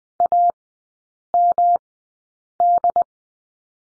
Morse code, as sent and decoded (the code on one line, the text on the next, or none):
.- -- -..
AMD